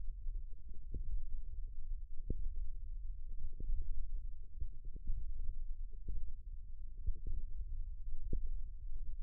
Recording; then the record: forearm muscle sounds (acoustic myography)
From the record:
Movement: thumb flexion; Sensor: system 1, eight BSWA MPA416 microphones around the upper forearm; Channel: 6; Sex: female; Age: 21 years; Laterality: right